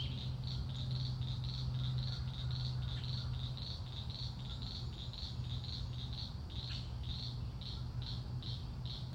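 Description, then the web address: Frog chorus of rapid high pulsed notes repeating without pause, with a short sweeping call partway through and a steady low hum. Frogs calling, recorded on 3 May. "scoutisland. frogs-with-a-few-birds-3 may"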